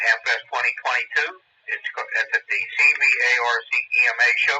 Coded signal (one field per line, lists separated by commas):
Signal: Emergency Alert System (SAME) tones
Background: speech